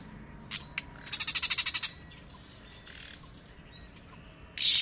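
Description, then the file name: Common nightingale song: two short notes, then a rapid rattling burst of rhythmic pulses, then quiet notes and a sharp loud phrase at the end, over faint background hiss. "Luscinia megarhynchos"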